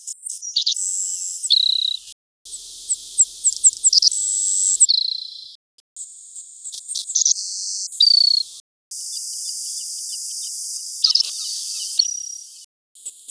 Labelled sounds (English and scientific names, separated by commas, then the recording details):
Savannah Sparrow (Passerculus sandwichensis) song
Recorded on Kent Island, New Brunswick, in 1993